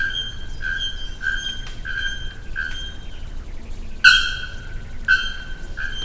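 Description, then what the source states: Bare-throated bellbird giving a series of ringing metallic notes about every two-thirds of a second, with one louder, harsher note partway through, over a low background rumble. Recorded at Jardim Botânico, São Paulo, on 20 October 2010 with an M-Audio recorder.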